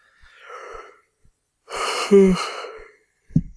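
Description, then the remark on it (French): A person lets out a long, breathy yawn that swells into a brief voiced groan in the middle, after a softer airy inhale, then trails off with a short low grunt at the end. “Putain, je suis en train de bailler pour de vrai.”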